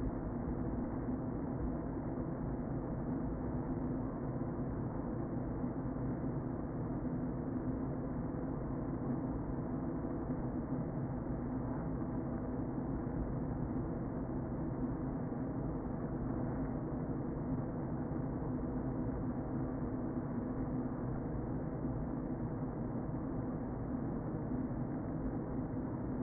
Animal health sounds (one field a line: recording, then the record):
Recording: honeybee colony, microphone inside the hive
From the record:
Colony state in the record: queen present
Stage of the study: before two queens were removed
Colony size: about 60,000 bees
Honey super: yes